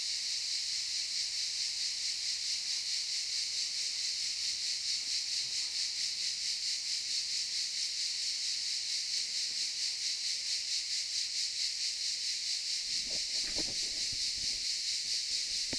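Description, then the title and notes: Cicadas droning in a loud pulsing chorus throughout; a brief rustling or knocking noise near the end. Cicadas in the pine forest of a campsite at Albinia, Grosseto, Tuscany, Italy. "Camping Africa, Via Aurelia, Albinia, Grosseto, Toscana, 58015, Italia - Cicale nel campeggio. Cicale nella pineta del campeggio. Cicadas in the pine forest of the campsite"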